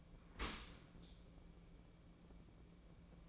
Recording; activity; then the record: daily activity, microphone in the room; open dishwasher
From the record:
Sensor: 1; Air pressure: 1012.4 hPa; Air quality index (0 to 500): 170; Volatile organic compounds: 3 ppm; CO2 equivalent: 1392 ppm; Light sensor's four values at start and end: 346/781/349/383 and 346/780/349/382